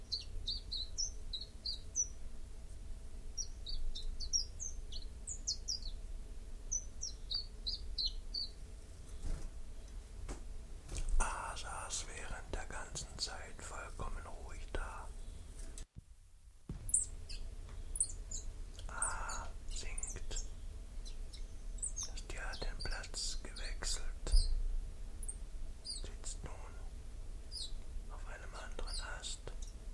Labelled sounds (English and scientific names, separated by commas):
Common Chiffchaff (Phylloscopus collybita) song